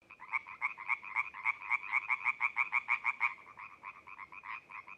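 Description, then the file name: European tree frog calling in a rapid burst of clipped, rasping pulses that builds up, holds for a few seconds, then fades. "laubfrosch"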